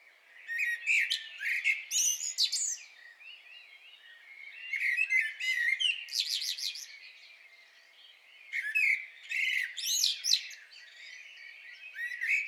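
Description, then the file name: Common blackbird song in three bouts of high, squeaky twittering and rattling chirps, each lasting a few seconds with short gaps between. "Turdus merula"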